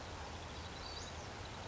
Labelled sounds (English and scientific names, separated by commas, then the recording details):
Western Flycatcher (Empidonax difficilis)
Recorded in Sonoma County, California